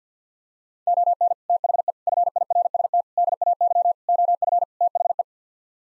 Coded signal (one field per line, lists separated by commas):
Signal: Morse code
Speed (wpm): 50 wpm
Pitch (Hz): 700 Hz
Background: none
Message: ON THE FIRST DAY OF THE